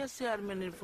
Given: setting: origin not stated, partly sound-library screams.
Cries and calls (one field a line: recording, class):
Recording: one-second piece from a danger detection set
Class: normal situation